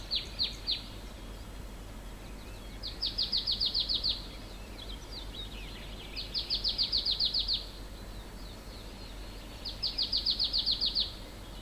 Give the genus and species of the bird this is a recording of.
Poecile palustris